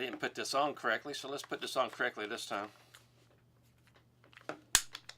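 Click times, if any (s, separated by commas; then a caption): 4.8 s. Someone talks while the jaw of a DeWalt DWHT83196 bar clamp, first fitted wrongly, is put back onto the end of the clamp's bar and pushed on. After a pause with a few faint ticks, it locks in place with a sharp snap at 4.8 s, followed by a couple of lighter clicks as the jaw sits seated.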